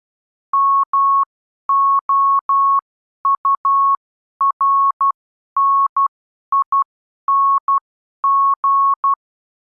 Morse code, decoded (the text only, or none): MOURNING